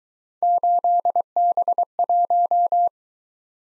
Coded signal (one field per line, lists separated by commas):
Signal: Morse code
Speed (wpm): 22 wpm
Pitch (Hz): 700 Hz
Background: none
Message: 8B1